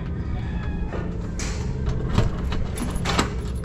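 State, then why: Seated. The lock on a newly installed fluted-panel aluminum sliding door is worked by hand, with light metallic rattles and scrapes over a steady low hum. A sharp click at 3.2 s marks the lock latching, leaving the door locked.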